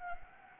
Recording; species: mosquito wingbeat signal from an infrared sensor; Anopheles gambiae